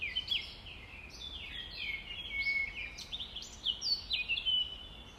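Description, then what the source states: Nightingale song of quick stacked whistled notes and short trills, phrases stepping up and down in pitch, over a low background rumble. Recorded at dawn, around 05:33 on 5 May 2020.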